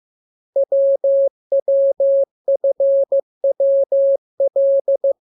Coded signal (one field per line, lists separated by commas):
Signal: Morse code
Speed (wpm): 15 wpm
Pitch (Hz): 550 Hz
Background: none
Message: WWFWL